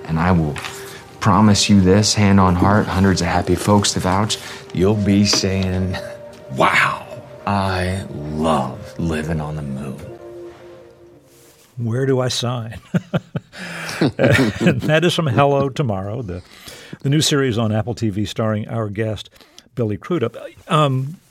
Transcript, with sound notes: And I will promise you this, hand on heart, hundreds of happy folks to vouch, you'll be saying, wow, I love living on the moon.
Where do I sign?
(LAUGHTER)
And that is from "Hello Tomorrow!" the new series on Apple TV starring our guest, Billy Crudup.